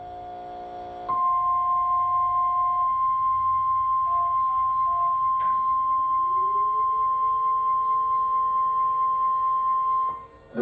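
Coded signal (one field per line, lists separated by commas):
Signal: Emergency Alert System (SAME) tones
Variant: 1050 Hz attention tone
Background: music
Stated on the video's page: Tornado drill SAME alert from a NOAA Weather Radio station simulcast on a TV radar subchannel.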